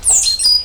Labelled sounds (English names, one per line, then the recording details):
Stitchbird song
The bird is a male
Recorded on Tiritiri Matangi Island, New Zealand, in 2005
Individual 12, of nest box 16